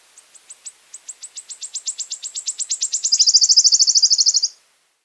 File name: Golosa ptic i zverei - Penochka-treshetka